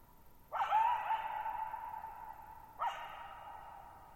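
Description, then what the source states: Coyote uttering a sustained wavering yelp followed by a shorter bark, with a lingering echo. Lone coyote calling at night, July 14, 2019, Thirtymile Meadows, Okanogan National Forest high country, Pacific Northwest, 1950 m, dry plateau meadow bowl with boggy ground, long natural reverberation.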